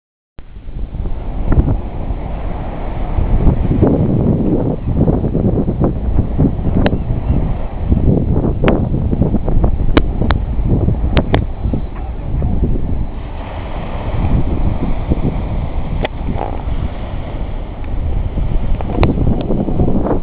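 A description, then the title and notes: A seafront beach with a steady, dense low roar of wind buffeting the microphone, rising and easing in gusts throughout. Brief sharp clicks and knocks cut through now and then, and a faint hum like an engine or boat sits underneath. Seafront beach in Paignton.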